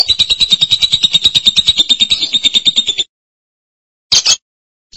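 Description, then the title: Lovebird calls as a long run of quick, grating high pulses for three seconds, followed by silence and a short harsh burst, then another at the end. "BM Suara Burung Lovebird"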